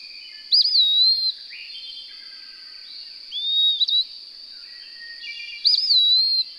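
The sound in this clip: Bird song: clear whistled phrases, some with a looping, warbled start and a long gliding tail, repeated a few times over a constant high-pitched tone.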